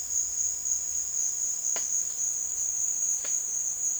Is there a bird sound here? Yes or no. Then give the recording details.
no. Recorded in dense forest near Puerto Asís, Putumayo, Colombia, on 9 March 2025 at 15:30. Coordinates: 0.481, -76.323. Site G088